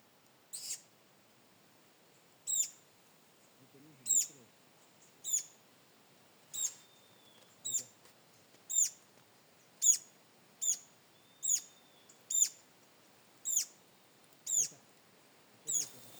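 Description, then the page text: Buff-browed foliage-gleaner calls: sharp, very high single notes repeated roughly once a second, about fourteen in all, in a quiet background. Subspecies acrita; recorded 24 June 2025 in Misiones, Argentina. "Ticotico Común (Syndactyla rufosuperciliata) Syndactyla rufosuperciliata acrita. Santiago Juan Torres"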